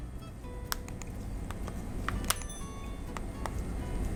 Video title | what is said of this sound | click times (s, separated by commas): iPod Classic Battery Replacement | and it should snap into place | 0.7 s, 1.5 s, 2.1 s, 2.3 s, 3.2 s, 3.5 s